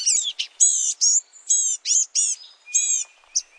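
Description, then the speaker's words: Blue-gray Gnatcatcher scolding: a series of short, harsh, nasal notes in a scratchy run over a quiet background. Scolding call given while foraging in the forest canopy; common summer resident across much of the U.S. and Mexico. "The tiny songbirds make a scolding call as they forage in the forest canopy."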